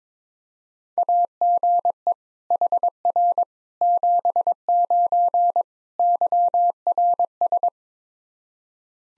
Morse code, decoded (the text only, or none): AGE HR 79 YRS